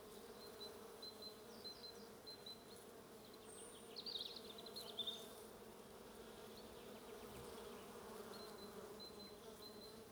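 Bees buzz in a soft continuous drone.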